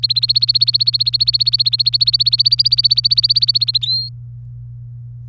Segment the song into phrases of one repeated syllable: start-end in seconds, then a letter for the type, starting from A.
0.00-3.85 A, 3.86-4.09 B